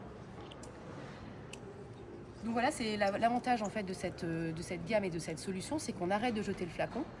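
After a soap bottle is put back into the holder of a wall-mounted anti-theft hotel dispenser, the notch cover is closed and latches shut with a sharp click at 1.5 s, following a softer tick at 0.5 s. From about 2.4 s, someone talks over quiet background noise.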